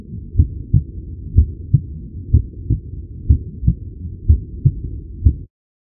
Human heart beating at 61 bpm.